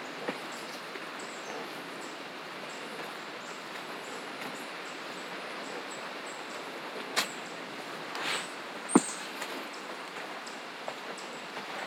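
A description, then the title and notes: Birds call faintly over a steady, dense hiss of insects and rustling that holds all the way through. Short high chirps come and go throughout, and a few sharp clicks stand out, around seven seconds, near eight, and most loudly just before nine. A variety of bird calls and insects. This session was recorded with the Zoom F3 and DPA Binaural headset.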